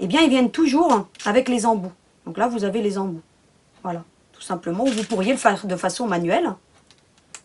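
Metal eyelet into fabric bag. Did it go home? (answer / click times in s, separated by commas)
yes / 7.3 s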